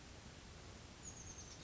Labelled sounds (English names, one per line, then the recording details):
Oak Titmouse
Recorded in Sonoma County, California